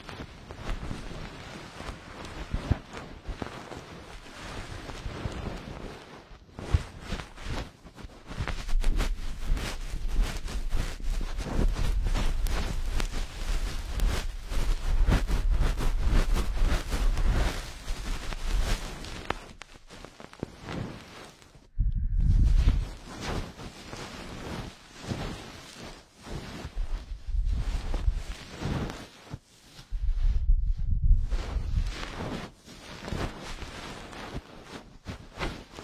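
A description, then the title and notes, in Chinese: Ear cleaning: dense scratchy rustling and rubbing with low muffled thumps, swelling louder mid-clip and briefly pausing around 22 and 29 seconds. 掏耳朵。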